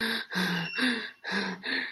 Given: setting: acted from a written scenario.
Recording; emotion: vocal sound without words; fear